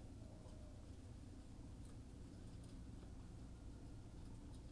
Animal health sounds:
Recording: poultry house recording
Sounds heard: healthy chickens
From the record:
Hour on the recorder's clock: 18

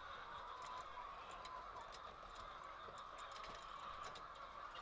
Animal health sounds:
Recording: poultry house recording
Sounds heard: healthy chickens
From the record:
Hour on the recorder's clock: 21

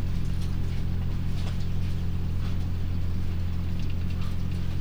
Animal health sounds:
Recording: poultry house recording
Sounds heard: sick chickens (respiratory disease)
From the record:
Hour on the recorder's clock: 3

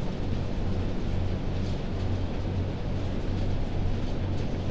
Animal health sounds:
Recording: poultry house recording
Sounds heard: no chicken sound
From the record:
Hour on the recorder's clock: 1

